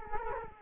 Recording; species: mosquito wingbeat signal from an infrared sensor; Culex quinquefasciatus